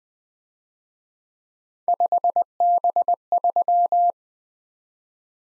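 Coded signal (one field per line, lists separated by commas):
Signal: Morse code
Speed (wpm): 24 wpm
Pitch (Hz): 700 Hz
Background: none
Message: 5B3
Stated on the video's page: Morse practice of three letter-number combinations, speed-racing format: starts fast, slows to a 20 wpm base, fastest 1.5 times slowest, final repeat at maximum speed.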